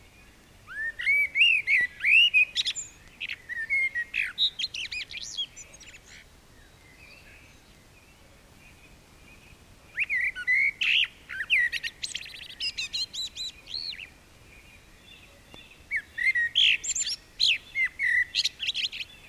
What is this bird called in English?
Common Blackbird